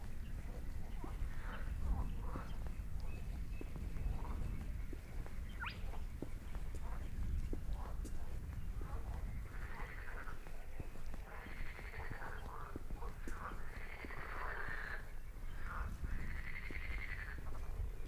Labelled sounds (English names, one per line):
Spotted Crake